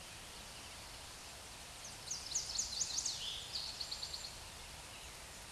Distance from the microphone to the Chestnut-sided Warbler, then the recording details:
about 30 m. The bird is about 10 m above the microphone. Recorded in a Pennsylvania forest on 16 May 2024 at 07:02. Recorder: AudioMoth, point MSD-2142. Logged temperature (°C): 16.7 °C. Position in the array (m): 12 m, 25 m